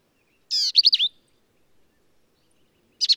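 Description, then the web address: Black-capped vireo gives one short phrase: a rasping buzz followed by quick wavering whistled slurs, then silence and the start of another phrase. "birdsongforthecurious Black-capped Vireo"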